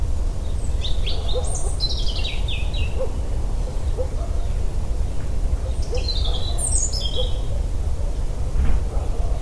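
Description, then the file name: European robin sings high, sweet tumbling phrases of sliding whistled notes, two bursts separated by a pause, against heavy low-pitched rumbling noise. "Erithacus rubecula"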